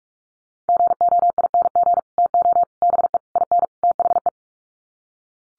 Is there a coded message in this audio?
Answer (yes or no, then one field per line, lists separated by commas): yes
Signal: Morse code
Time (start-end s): 0.7-4.3 s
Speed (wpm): 44 wpm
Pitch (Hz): 700 Hz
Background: none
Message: GOING TO BE IN THE